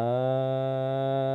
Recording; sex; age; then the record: sustained vowel /a/; male; 20 to 29 years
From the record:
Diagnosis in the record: healthy control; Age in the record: 22 years